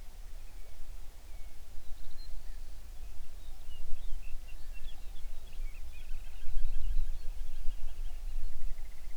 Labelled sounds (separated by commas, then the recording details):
songbird
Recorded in the Prudhoe Bay oil fields, Alaska, on 11 June 2019 at 05:04
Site 21